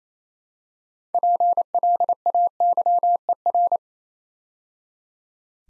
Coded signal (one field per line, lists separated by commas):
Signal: Morse code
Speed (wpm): 27 wpm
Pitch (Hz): 700 Hz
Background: none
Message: PLAYER